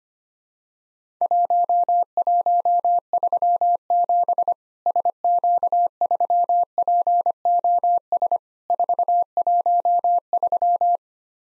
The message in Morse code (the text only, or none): 1137 SQ3POS 413